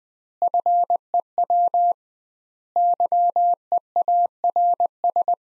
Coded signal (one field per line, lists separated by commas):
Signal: Morse code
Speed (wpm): 21 wpm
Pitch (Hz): 700 Hz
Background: none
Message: FEW YEARS